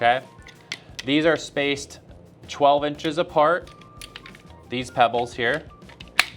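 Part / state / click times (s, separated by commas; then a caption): pebble LED light into gutter mounting track / seated / 6.2 s. A permanent-lighting pebble LED light is pressed into a plastic mounting track under the gutter while someone talks. It snaps into place with a sharp click at 6.2 s, leaving the light seated in the track.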